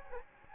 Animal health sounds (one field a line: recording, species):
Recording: mosquito wingbeat signal from an infrared sensor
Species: Anopheles gambiae